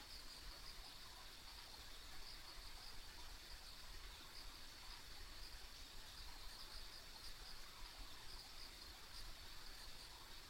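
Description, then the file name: Insect chorus, an unbroken high-pitched trilling that holds steady for the whole stretch, with a gentle low hiss beneath. Ambient insect sounds recorded along a rural country road. "田舎道の虫の環境音"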